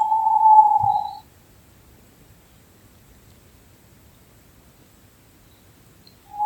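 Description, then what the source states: Owl call: one sustained, even whistle at the start, then quiet until the next whistled note begins near the end. May 2023.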